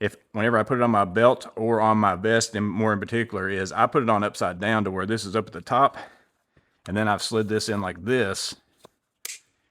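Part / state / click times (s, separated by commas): tool pouch quick-release mount into belt holster / seated / 9.2 s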